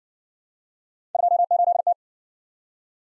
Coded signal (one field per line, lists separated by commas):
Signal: Morse code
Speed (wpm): 55 wpm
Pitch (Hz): 700 Hz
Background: none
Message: 28T